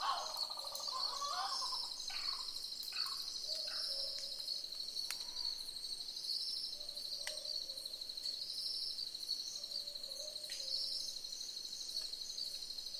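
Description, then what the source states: Southern boobook owls giving low paired boo-book hoots, repeated irregularly, with harsh bird calls at the start over a loud, steady high insect drone. Several owls calling together in a chorus.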